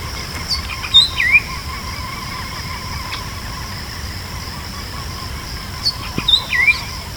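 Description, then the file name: Bird calls: two brief groups of sharp, rising whistled notes about five seconds apart over a steady hiss. "SABIOD 50 bird 2015"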